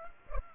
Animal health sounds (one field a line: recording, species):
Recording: mosquito wingbeat signal from an infrared sensor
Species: Culex pipiens